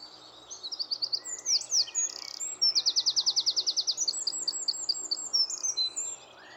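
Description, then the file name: Eurasian wren song, a rapid outpouring of high, sharp notes with two fast buzzy trills, the second longer and loud, ending in scattered twitters. "Troglodytes troglodytes"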